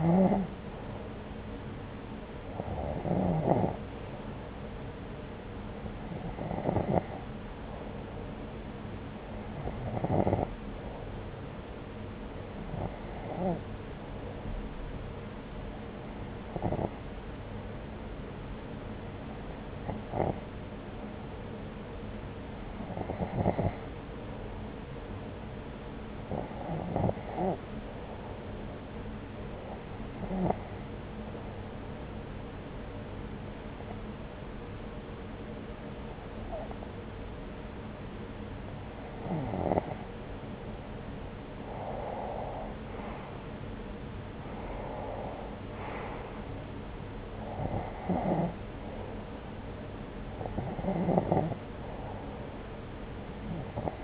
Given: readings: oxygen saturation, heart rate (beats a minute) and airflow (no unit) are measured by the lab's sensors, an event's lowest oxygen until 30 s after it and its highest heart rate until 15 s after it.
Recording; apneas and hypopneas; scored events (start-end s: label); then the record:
breathing in sleep by a voice recorder at the bedside; 1
10.00-41.20 s: hypopnea (N1, oxygen 92% highest, then 89% lowest)
12.00-42.00 s: new sleep stage, N2 (light sleep)
42.00-54.04 s: new sleep stage, N1 (lightest sleep)
From the record:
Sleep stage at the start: N1 (lightest sleep); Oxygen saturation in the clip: 89 to 93%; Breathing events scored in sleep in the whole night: 303 in 8.1 hours asleep